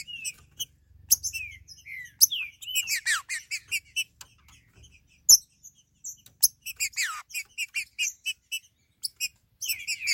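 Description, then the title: Green-winged saltator song: short bright chirped notes and downslurred whistles in uneven bursts, with brief pauses between phrases. "Trinca Ferro"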